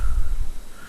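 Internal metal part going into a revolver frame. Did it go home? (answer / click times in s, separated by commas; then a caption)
no / none. During final reassembly of an Alfa 357 nitro muzzle-loading revolver, a metal internal part is handled and pushed down toward the frame. Only low, rumbling handling noise is heard, fading over the clip with no sharp transients. The part has not yet seated or clicked into place.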